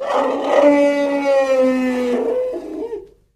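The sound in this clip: Elephant call, a sustained harmonic roaring bellow lasting about three seconds that drops slightly in pitch and ends in a rough, fading grumble.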